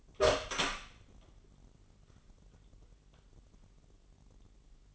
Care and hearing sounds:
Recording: daily activity, microphone in the room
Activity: open door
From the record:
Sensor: 4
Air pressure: 999.2 hPa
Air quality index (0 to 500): 116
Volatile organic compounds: 2 ppm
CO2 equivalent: 1140 ppm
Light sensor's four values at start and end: 12/29/11/13 and 11/27/11/12

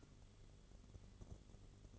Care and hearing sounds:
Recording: daily activity, microphone in the room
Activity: light off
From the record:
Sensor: 4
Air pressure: 1008.7 hPa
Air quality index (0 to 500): 93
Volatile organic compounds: 1 ppm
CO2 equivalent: 699 ppm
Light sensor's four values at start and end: 13/29/11/11 and 13/29/11/11

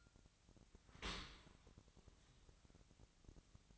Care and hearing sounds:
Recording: daily activity, microphone in the room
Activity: open dishwasher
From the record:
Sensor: 3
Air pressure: 1003.1 hPa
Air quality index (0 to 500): 195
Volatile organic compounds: 6 ppm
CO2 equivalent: 1902 ppm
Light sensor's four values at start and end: 19/47/20/21 and 19/47/20/21

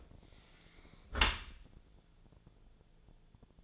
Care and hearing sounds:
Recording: daily activity, microphone in the room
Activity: close dishwasher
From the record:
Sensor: 5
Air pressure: 1000.6 hPa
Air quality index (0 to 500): 149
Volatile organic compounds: 2 ppm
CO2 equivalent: 1145 ppm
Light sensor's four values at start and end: 40/91/39/42 and 40/92/39/42

